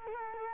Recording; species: mosquito wingbeat signal from an infrared sensor; Culex quinquefasciatus